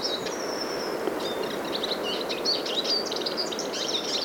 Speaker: Not far away from the great tit, I found this wonderful Eurasian siskin, a male bird in song.